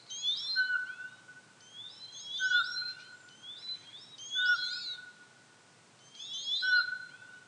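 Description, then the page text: Eurasian pygmy owl whistles, single flat notes repeated about every two seconds, partly competing with busy, high twittering songbirds throughout. "Jelmer Poelstra - Воробьиный сычик (Glaucidium passerinum)"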